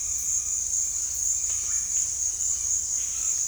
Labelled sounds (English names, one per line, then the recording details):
none
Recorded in dense forest near Puerto Asís, Putumayo, Colombia, on 21 December 2024 at 17:00
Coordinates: 0.484, -76.325
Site G056